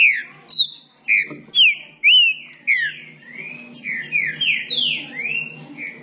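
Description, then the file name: Green-winged saltator song: loud whistled notes, then a quicker string of quieter slurred whistles. "canto do trinca ferro"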